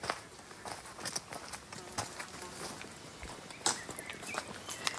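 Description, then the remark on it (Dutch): Footsteps of people walking outdoors in a nature area, a steady irregular crunch of steps at moderate volume, with faint bird chirps and soft background noise. “Zullen we een stukje lopen?”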